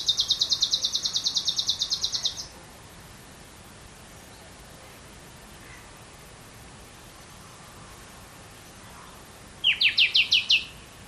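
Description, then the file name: Common nightingale song: a fast, buzzy trill of repeated high notes for over two seconds, a long quiet pause, then a short burst of sharp sweeping notes. "Luscinia megarhynchos"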